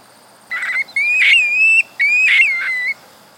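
Black-bellied plover giving a short whistle, then two long slurred whistles in quick succession, each with a rough burst in the middle.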